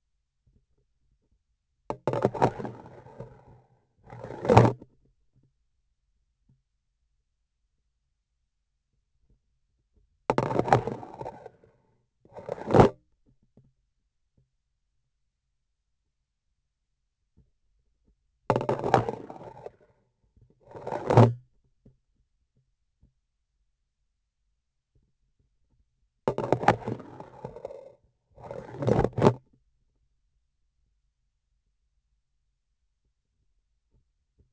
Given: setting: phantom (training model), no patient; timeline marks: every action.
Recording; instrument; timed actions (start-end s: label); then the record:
laparoscopic instrument, vibration sensor on the handle end; grasping forceps
2.03-3.87 s: insertion through the trocar
4.05-4.85 s: removal through the trocar
10.25-12.03 s: insertion through the trocar
12.19-13.04 s: removal through the trocar
18.44-20.14 s: insertion through the trocar
20.58-21.45 s: removal through the trocar
26.22-28.04 s: insertion through the trocar
28.30-29.60 s: removal through the trocar
From the record:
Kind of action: spatial motion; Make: other than Olympus